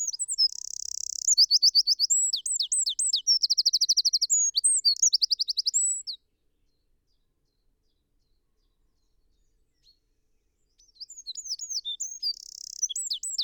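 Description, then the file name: Eurasian wren song: a loud, rapid outpouring of high trills and twittering notes for six seconds, then a pause of almost five seconds, then a second burst starting. "Troglodytes troglodytes"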